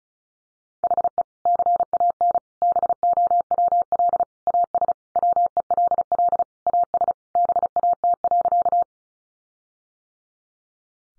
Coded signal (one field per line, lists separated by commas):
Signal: Morse code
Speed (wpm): 34 wpm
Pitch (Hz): 700 Hz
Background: none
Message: HE CAN BOWL AS WELL AS BAT.